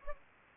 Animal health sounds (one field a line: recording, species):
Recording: mosquito wingbeat signal from an infrared sensor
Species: Aedes aegypti